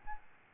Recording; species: mosquito wingbeat signal from an infrared sensor; Aedes albopictus